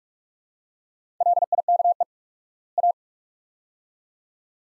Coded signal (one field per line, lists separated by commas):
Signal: Morse code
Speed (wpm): 42 wpm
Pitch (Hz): 700 Hz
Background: none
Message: LIKE A